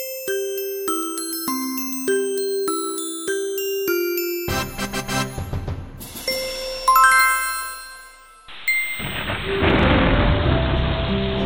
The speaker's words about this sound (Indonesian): Anak-anak, malam itu udara terasa dingin. Angin bertiup kencang. Hujan turun dengan deras. Sesekali terdengar suara petir.